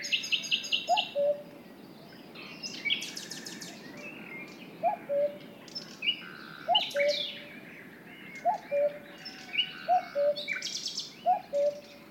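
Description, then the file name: Cuckoo sounding its low falling cu-ckoo several times at uneven gaps amid rich, varied songbird singing and chirps. "minutes of cuckoos"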